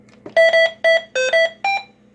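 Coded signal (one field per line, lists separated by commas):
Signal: roger beep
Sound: a quick six-note buzzy electronic melody at shifting pitches, about 1.5 seconds long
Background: low hum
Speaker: So I'll show you what I mean here on the scope. We are on AM,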